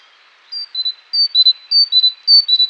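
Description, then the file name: Great tit song: a bright two-note whistled phrase, high then lower, repeated four times in quick, even succession against a quiet background. "Parus major"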